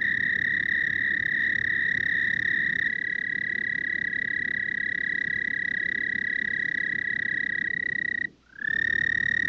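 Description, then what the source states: Toad calling with a long, rapid pulsed trill at steady pitch, briefly pausing near the end before the trill starts again. Toad family Bufonidae.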